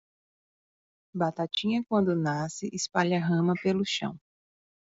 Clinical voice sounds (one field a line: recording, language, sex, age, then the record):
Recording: short text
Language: Brazilian Portuguese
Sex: female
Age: 30 to 39 years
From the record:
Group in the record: control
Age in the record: 35 years